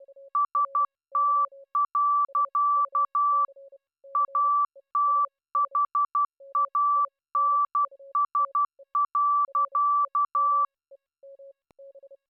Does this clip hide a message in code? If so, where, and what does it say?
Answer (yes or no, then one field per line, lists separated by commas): yes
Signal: Morse code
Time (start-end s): 0.3-10.7 s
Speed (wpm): 12 wpm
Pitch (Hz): 1160 Hz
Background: none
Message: ST. ATHANS.